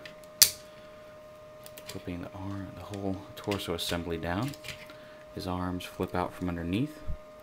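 Someone talks while flipping the whole torso assembly of a plastic Botcon 2008 "Shattered Glass" Starscream transforming robot toy down, so its arms flip out from underneath toward their plastic sockets. A brief sharp tap sounds near the start, followed by soft handling noises under the speech. The arms are handled but not yet home; nothing has seated or clicked yet.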